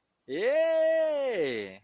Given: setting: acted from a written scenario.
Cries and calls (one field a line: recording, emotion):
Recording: vocal sound without words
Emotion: triumph